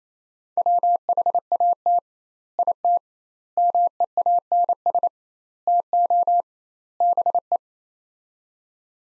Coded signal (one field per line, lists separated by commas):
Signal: Morse code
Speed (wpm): 28 wpm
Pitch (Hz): 700 Hz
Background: none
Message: WHAT IT MEANS TO BE